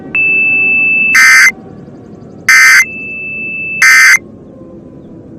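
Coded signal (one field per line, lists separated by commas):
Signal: Emergency Alert System (SAME) tones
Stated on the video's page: Simulated EAS alert tones in a fictional invasion scenario, with frames skipped.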